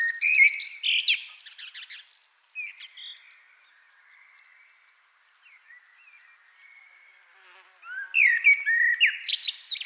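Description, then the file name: Common blackbird song: a rich warbled phrase with high squeaks, softer scattered notes in the middle, then a loud new phrase at the end. "Turdus merula"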